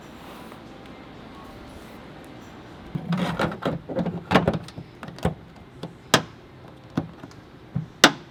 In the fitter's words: you're going to hear some clicking and that's how you know it's locked in